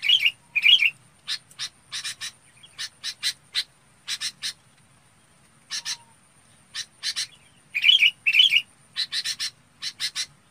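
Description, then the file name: Red-whiskered bulbul: warbled chirps open and recur later, between them repeated short harsh notes. Calling the flock. "Tieng chao mao bong goi bay"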